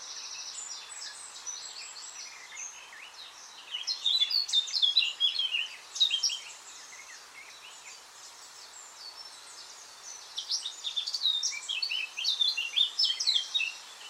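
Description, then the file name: Eurasian blackcap song, a rapid, scratchy warble of jumbled high notes delivered in two long bursts with a softer gap between them. "Sylvia atricapilla"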